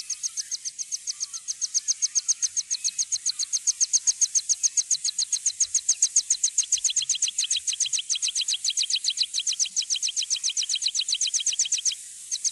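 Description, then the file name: Meadow pipit song: a long, steady run of thin, high notes at nearly four per second, with a second, lower strand of notes joining about halfway. "heipipelerke"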